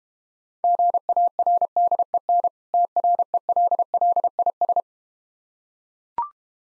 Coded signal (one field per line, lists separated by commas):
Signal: Morse code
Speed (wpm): 32 wpm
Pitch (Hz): 700 Hz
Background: none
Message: GARDEN TRELLIS